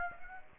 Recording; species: mosquito wingbeat signal from an infrared sensor; Aedes aegypti